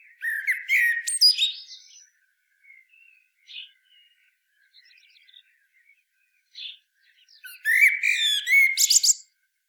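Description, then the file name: Common blackbird calls, bursts of harsh chattering and squeaky notes at the start and end, with faint scattered chips between. "Turdus merula"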